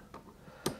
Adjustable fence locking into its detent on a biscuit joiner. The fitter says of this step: And a little click, that sort of locks it in.